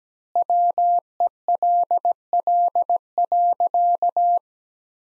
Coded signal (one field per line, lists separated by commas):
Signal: Morse code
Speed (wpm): 17 wpm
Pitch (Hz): 700 Hz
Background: none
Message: WELL.